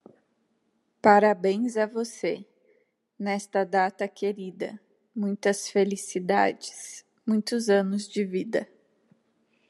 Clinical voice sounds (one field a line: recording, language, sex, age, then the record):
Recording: short text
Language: Brazilian Portuguese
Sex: female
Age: 30 to 39 years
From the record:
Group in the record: control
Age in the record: 35 years